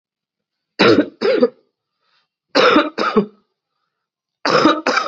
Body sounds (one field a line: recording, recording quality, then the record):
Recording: shallow voluntary cough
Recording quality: excellent, no background noise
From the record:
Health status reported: COVID-19 positive, mild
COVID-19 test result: positive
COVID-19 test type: RT-PCR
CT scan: not taken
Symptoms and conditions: cough, fever, fatigue, muscle pain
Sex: male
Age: 39 years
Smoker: yes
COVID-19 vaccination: both doses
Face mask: worn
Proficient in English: yes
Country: India